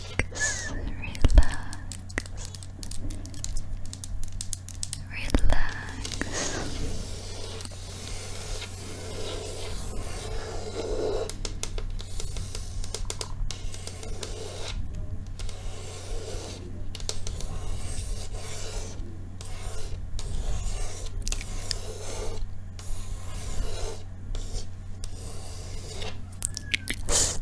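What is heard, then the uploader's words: Fingers tap and scratch across a table, a dense run of quick dry clicks and rasping strokes with no steady rhythm. Louder knocks land near 1 and 5 seconds. A low steady hum sits underneath. ASMR INVISIBLE TRIGGER WORDS TAPPING & SCRATCHING PINK TABLE.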